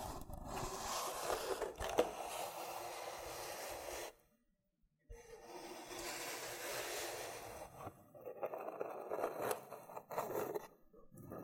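Loofah being rubbed and scraped in a dense, rasping stream that fills the first four seconds, with a sharp crack near two seconds. After a second of silence the scratchy rubbing returns, then breaks into shorter strokes with small pops and snaps toward the end.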